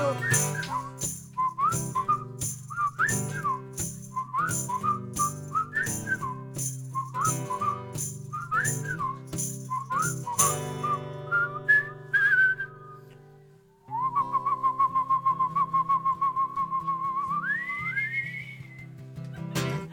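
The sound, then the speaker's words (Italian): A group whistles a bouncy melody in unison over a rhythmic musical backing, breaking into choppy phrases, then holding a long steady note that glides upward near the end. “Grazie coro dei fischietti. Il coro dei fischietti è bellissimo.”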